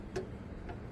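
A torque wrench set to 25 foot-pounds tightens the oil drain plug into the engine oil pan under a 1990 Ford Bronco 5.0 4x4. A sharp click at 0.2 s shows the wrench has reached its set torque, followed by a fainter tick at 0.7 s over a low steady background hum.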